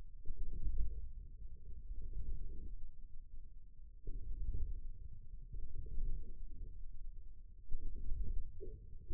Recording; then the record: forearm muscle sounds (acoustic myography)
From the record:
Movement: inward rotation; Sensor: system 2, bracelet of six BSWA MPA416 microphones around the upper forearm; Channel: 3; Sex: male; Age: 22 years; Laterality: right